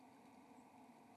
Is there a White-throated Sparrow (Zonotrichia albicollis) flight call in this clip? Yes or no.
no